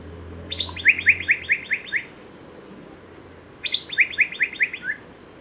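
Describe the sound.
Asian fairy-bluebird calling: two bursts, each a quick series of about seven sharp, slightly descending notes, about three seconds apart.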